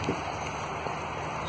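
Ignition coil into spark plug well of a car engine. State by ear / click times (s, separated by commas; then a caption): not seated / none. An ignition coil is slowly brought back to the spark plug well of a 2005 Toyota Corolla engine, over a newly tightened spark plug, and lined up before being pushed on. A steady broadband hiss fills the clip, with only faint soft bumps of handling around 0.1 and 0.9 seconds. Nothing has seated or clicked yet.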